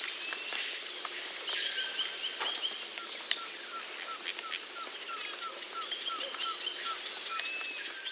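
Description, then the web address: Brazilian bare-faced tamarin calls: several high, drawn-out arched whistles over a constant loud insect drone, with soft short chirps repeating lower down. In rainforest in Brazil, South America. "Natures Songs S America Primates of the Rainforest Brazilian bare-faced tamarin"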